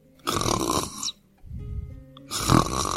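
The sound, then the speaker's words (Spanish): A little sheep snores softly and steadily, alternating between a raspy, breathy snore and a lower, rumbling one, about three breaths in a row with no talking. “La ovejita roncaba dulcemente bajo su oreja, un ronquido tras otro.”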